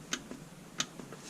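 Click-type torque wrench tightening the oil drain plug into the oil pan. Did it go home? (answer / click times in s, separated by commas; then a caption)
yes / 0.1 s, 0.8 s. A click-type torque wrench set to 20 ft-lbs tightens the oil drain plug into the oil pan of a 2014 Ford Explorer during an oil change. Two sharp clicks sound at 0.1 s and 0.8 s, with faint softer ticks between them. The wrench has reached its 20 ft-lbs setting and the plug is confirmed tight.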